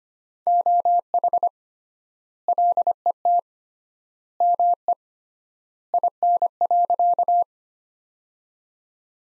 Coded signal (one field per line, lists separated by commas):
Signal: Morse code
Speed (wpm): 25 wpm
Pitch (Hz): 700 Hz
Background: none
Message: OH LET ME IN.